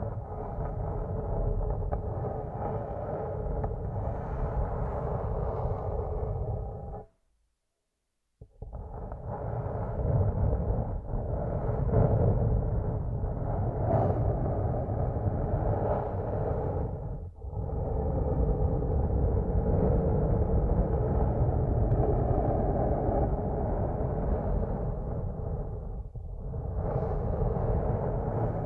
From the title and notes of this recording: ASMR using Headphones as a Mic Brain Melting Massage Triggers. (No Talking).